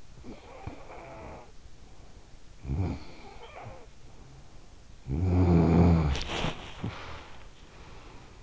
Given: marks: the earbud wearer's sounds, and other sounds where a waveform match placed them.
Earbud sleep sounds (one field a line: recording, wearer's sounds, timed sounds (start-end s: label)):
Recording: sounds in sleep by an in-ear microphone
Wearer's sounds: snoring breath, body movement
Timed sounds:
0.00-6.74 s: snoring breath
6.22-8.23 s: body movement